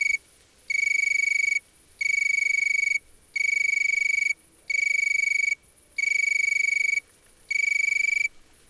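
Insect calling in long buzzing trills, each steady and high-pitched, lasting about a second, repeated six times with short silent gaps.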